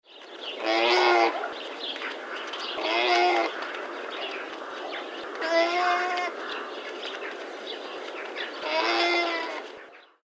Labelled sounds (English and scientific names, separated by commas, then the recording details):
Llama (Lama glama)
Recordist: Tembrock, Günter
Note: Langlaute